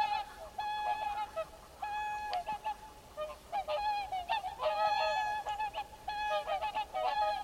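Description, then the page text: Mute swan honking calls, nasal harmonic notes repeated irregularly over a steady drone of several birds calling together. "Ciripituri în naturăLebăda mută sau Lebăda de vară – Cygnus olor"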